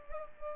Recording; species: mosquito wingbeat signal from an infrared sensor; Culex pipiens